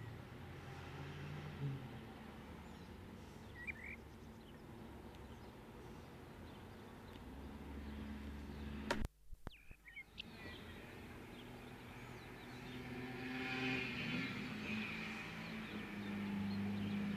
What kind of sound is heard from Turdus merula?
song